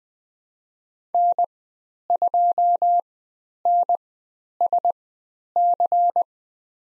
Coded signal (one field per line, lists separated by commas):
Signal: Morse code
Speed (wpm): 20 wpm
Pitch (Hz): 700 Hz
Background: none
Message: N2NSC